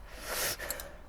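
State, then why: Seated. A steel engine bearing shell for an MK4 Transit engine is pressed into its connecting rod or cap housing. A soft broadband rustle swells and fades by about 0.55 s, then two short sharp clicks land at 0.7 s and 0.8 s. The bearing shell seats into place.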